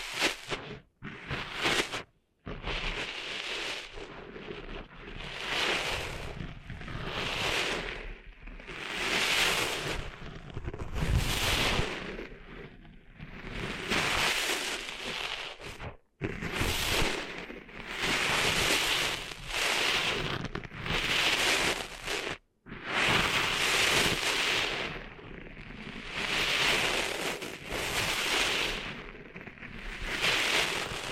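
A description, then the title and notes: Sand is being cleaned out of ears with repeated scratchy, rustling rubs that swell and fade about every one to two seconds. The hissy scraping stays bright and dense, with a low rumble beneath and brief cutoffs to silence near 2, 16 and 22 seconds. ASMR Cleaning Sand Out of Your Ears (No Talking).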